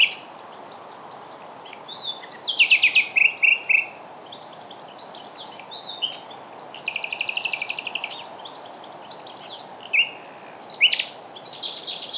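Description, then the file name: Common nightingale song: dense chirping phrases, a long harsh buzzy rattle lasting over a second, then further quick notes, with steady hiss throughout. "Luscinia megarhynchos"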